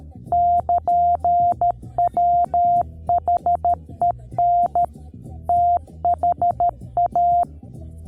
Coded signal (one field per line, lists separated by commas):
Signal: Morse code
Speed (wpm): 13 wpm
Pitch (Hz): 700 Hz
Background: music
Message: <KN> WHEN THA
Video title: Failing a FT-4 10m Only POTA Activiation